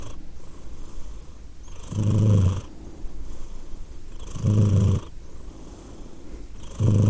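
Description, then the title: Cat purring with a deep, rough hum, louder bursts recurring roughly every two and a half seconds as it breathes. Cat named Edith, purring; Glasgow, Scotland; December 2023. "Edith purring, Glasgow, Scotland in December 2023 – by Steve Urquhart"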